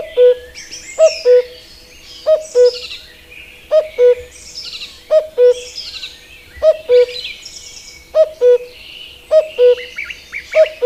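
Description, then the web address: Common cuckoo calling a steady falling two-note cu-coo about every one and a half seconds, several times, with other birds singing and twittering behind. "agykontroll Madardalok Cd 1. Kakukk"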